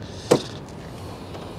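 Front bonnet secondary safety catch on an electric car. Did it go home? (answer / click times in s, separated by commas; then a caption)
released / 0.3 s. The secondary safety catch under the front bonnet of a 2023 Kia EV6 GT electric car is unlatched by hand, since it must also be released to open the frunk. A single sharp metallic click sounds at 0.3 s over a quiet background, and the catch releases and opens.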